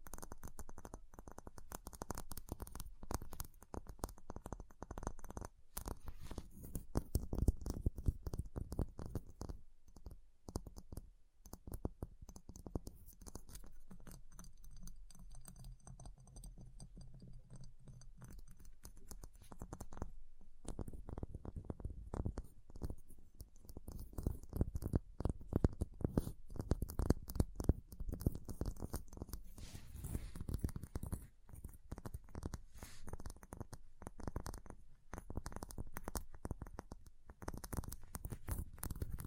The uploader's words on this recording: ASMR Ice Tapping, Scratching, Carving Sounds (No Talking).